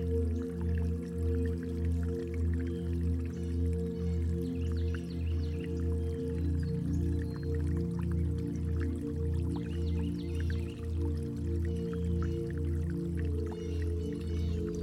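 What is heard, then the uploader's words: Birds chirp lightly and intermittently in the upper range over a loud, steady low hum. The hum throbs in a regular pulse about twice a second throughout, with a faint watery wash underneath and scattered small clicks near the middle. Sounds of Birds Chirping and River.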